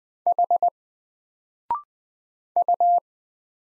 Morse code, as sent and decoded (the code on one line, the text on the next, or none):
.... / ..-
H U